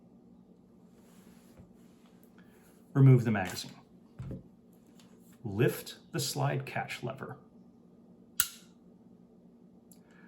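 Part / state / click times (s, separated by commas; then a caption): takedown safety lever in pistol frame / seated / 8.4 s. Someone talks as the magazine is removed from a P320 pistol and the slide catch lever is lifted. At 8.4 s a single sharp click sounds as the takedown safety lever in the pistol frame snaps back into its assembled position. A faint tick follows near 9.9 s.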